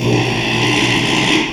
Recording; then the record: squeal of a Yucatan mini pig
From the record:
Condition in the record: after surgery on the right vocal fold (resection and tissue-engineered implant); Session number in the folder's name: 1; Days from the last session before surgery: 6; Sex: male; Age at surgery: 12 weeks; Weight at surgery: 13 kg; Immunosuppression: cyclosporine, prednisolone